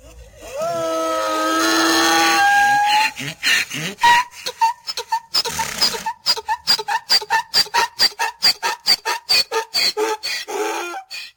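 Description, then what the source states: Donkey braying: a long wheezy drawn-out note that rises, then a rapid run of rhythmic see-sawing hee-haw pulses lasting several seconds. Donkey in a stable.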